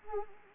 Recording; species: mosquito wingbeat signal from an infrared sensor; Anopheles arabiensis